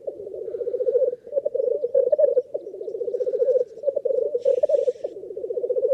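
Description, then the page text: Black grouse producing a low, rapidly pulsing bubbling coo in long runs with brief gaps, and one hissing call partway through. Small lek of black grouse (blackcock) in the North Pennines. "A small lek recorded in the North Pennines. #blackcock #lek"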